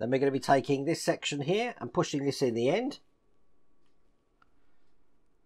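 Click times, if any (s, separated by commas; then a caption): none. Someone talks for about three seconds while lining up an exhaust manifold section of a 1:8 scale LaFerrari model engine, orienting it before pushing it into its mating part. Then it is near silent, with only a faint brief tick around 4.4 s. Nothing has seated or clicked yet.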